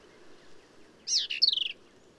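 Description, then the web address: Black-capped vireo song: a single burst of sharp, varied notes sweeping between high and middle pitch, ending in a quick stuttering run, over steady low background hiss. "birdsongforthecurious Black-capped Vireo"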